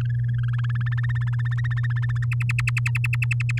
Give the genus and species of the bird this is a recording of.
Serinus canaria